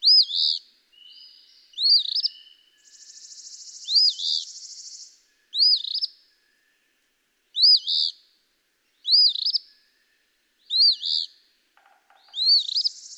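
Eastern phoebe giving a long series of quick, burry two-note phrases, with a drawn-out buzzy trill in between and brief faint ticking near the end.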